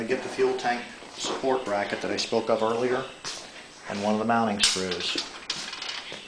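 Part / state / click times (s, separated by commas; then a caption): fuel tank support bracket into a portable generator frame / not seated / none. Someone talks while picking up a plastic fuel tank support bracket and one of its mounting screws to fit into the frame of a Honda EU2000i portable generator. There is handling noise and a short, sharp knock at about 5.5 s. The clip ends before the bracket goes home, so nothing has seated or clicked yet.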